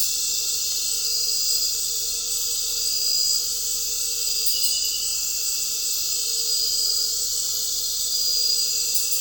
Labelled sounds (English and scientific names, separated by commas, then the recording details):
none
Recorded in dense forest near Puerto Asís, Putumayo, Colombia, on 4 March 2025 at 20:30
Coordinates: 0.467, -76.328
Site G041